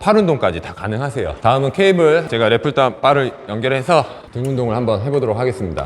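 A lat pulldown bar is handled at the cable hook of a Body X HM9 home gym while a man talks continuously. Nothing has seated or clicked yet.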